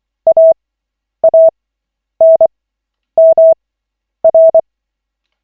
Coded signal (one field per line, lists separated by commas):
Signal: Morse code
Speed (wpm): 24 wpm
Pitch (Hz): 650 Hz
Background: none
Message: AANMR